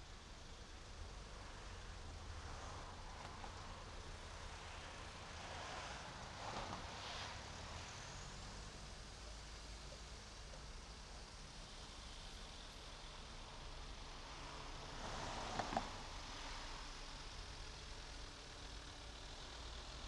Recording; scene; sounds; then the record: everyday scene through a hearing-aid microphone; in traffic; traffic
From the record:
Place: main road on the outskirts, rush hour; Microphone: in the ear canal, right